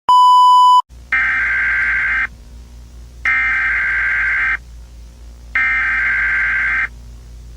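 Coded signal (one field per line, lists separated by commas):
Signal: Emergency Alert System (SAME) tones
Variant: header bursts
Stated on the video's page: Simulated EAS tones in a fictional Godzilla attack scenario.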